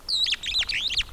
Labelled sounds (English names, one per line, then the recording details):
Superb Starling flight call
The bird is a male
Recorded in Kenya on 28 April 2009 at 08:33
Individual 6, of group CF1